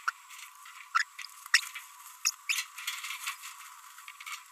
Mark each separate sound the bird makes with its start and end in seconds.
0.07-0.10, 0.95-1.03, 1.54-1.70, 2.25-2.30, 2.49-2.63